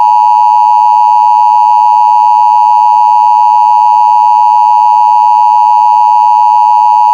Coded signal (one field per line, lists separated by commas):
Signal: Emergency Alert System (SAME) tones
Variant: 853 and 960 Hz attention tone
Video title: EAS Scenario: Tartarus